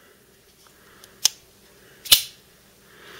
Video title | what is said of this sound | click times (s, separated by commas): Kershaw Half Ton - Tons of Fun ! | So you can hear it snaps open. | 1.2 s, 2.1 s